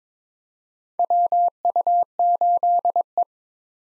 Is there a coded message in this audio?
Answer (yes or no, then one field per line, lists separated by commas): yes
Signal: Morse code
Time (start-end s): 1.0-3.2 s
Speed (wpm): 21 wpm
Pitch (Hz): 700 Hz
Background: none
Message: WU8E